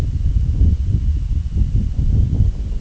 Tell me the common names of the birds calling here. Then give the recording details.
none. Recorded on Arctic tundra, site IGLO-D, on 25 June 2018. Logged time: 08:00